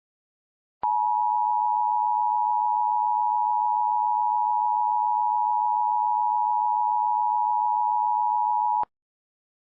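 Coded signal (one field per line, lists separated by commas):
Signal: Emergency Alert System (SAME) tones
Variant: 853 and 960 Hz attention tone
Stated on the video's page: Fictional EAS scenario, not a real alert.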